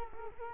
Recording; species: mosquito wingbeat signal from an infrared sensor; Culex quinquefasciatus